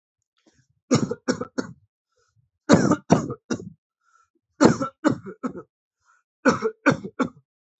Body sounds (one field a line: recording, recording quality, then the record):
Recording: heavy voluntary cough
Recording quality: excellent, no background noise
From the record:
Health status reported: healthy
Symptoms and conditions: cough, cold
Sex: male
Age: 39 years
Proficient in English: yes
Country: India